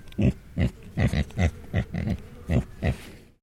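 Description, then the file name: Tamworth pig grunting: a series of several deep, rough grunts, each short and throaty with brief pauses between. Tamworth breed pig; a grunt sequence. "ANIMAL PIG TAMWORTH HAMISH GRUNT SEQUENCE"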